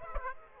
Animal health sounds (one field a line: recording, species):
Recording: mosquito wingbeat signal from an infrared sensor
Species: Aedes aegypti